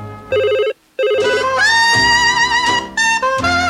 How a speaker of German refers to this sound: Das Telefon störte, als ich mitten in einem Traum war,